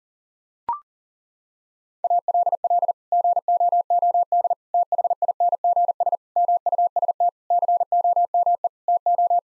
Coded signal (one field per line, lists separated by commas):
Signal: Morse code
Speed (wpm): 40 wpm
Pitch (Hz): 700 Hz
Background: none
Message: ALL GOOD THINGS MUST COME TO